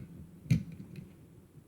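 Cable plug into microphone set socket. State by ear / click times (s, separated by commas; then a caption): seated / 0.5 s. A cable plug is pushed into the socket of a TONOR 3.5mm broadcasting microphone set, which has a locking mechanism. A sharp click at 0.5 s marks the plug locking into place, followed by two fainter ticks at about 0.7 s and 1.0 s over a low background hum. The plug is fully seated.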